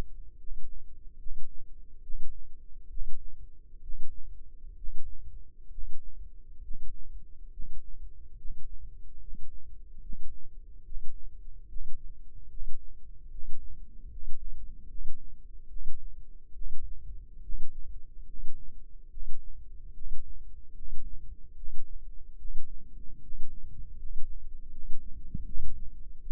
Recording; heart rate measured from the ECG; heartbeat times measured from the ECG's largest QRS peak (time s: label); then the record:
heart sounds by microphone in the left ear; 72 bpm
0.37 s: heartbeat
1.17 s: heartbeat
2.00 s: heartbeat
2.88 s: heartbeat
3.80 s: heartbeat
4.74 s: heartbeat
5.68 s: heartbeat
6.61 s: heartbeat
7.49 s: heartbeat
8.35 s: heartbeat
9.18 s: heartbeat
9.99 s: heartbeat
10.82 s: heartbeat
11.66 s: heartbeat
12.47 s: heartbeat
13.29 s: heartbeat
14.07 s: heartbeat
14.86 s: heartbeat
15.67 s: heartbeat
16.52 s: heartbeat
17.40 s: heartbeat
18.24 s: heartbeat
19.08 s: heartbeat
19.92 s: heartbeat
20.72 s: heartbeat
21.54 s: heartbeat
22.36 s: heartbeat
23.19 s: heartbeat
23.95 s: heartbeat
24.70 s: heartbeat
25.44 s: heartbeat
26.19 s: heartbeat
From the record:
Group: healthy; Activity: rest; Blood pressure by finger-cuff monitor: 102/63 mmHg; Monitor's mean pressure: 74 mmHg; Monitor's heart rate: 72 bpm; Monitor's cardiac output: 6.7 L/min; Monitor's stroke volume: 93 mL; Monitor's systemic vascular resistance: 790 dyn s/cm5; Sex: male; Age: 35 years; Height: 180 cm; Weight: 86.9 kg